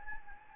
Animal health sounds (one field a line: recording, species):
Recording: mosquito wingbeat signal from an infrared sensor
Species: Anopheles gambiae